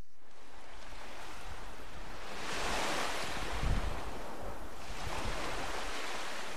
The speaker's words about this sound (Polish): Zawsze tutaj wzdłuż plaży morze szumi, a ja biegnę.